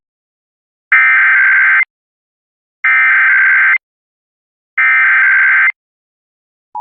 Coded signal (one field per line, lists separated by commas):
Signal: Emergency Alert System (SAME) tones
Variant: header bursts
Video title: WBNS-FM Ohio Eas Test (12.02.2025)